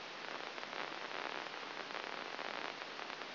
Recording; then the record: brain microelectrode recording played as sound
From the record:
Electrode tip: inside the subthalamic nucleus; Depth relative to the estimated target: -3.5 mm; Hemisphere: right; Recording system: AlphaMap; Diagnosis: Parkinson's disease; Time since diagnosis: 11 years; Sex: female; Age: 60 years